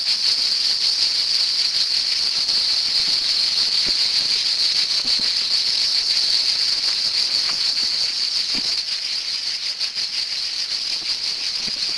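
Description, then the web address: Cicada singing a loud continuous buzz, rapidly pulsing, easing slightly softer toward the end, with occasional faint clicks. "son cigales"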